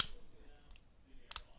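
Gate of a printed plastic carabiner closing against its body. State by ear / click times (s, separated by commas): seated / 0.0 s, 1.3 s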